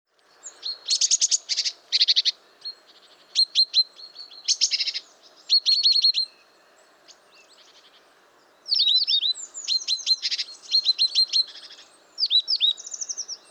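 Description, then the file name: Great tit calls: rasping churred bursts alternate with short, bright downslurred chips, in clusters with a quiet gap near the middle. "Parus major"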